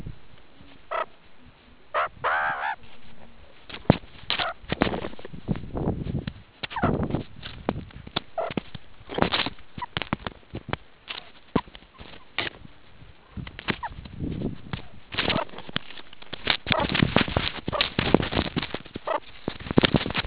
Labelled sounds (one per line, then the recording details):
meerkat close call
meerkat social call
meerkat short note
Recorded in the Kuruman River Reserve, South Africa
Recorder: an audio tag on a meerkat's collar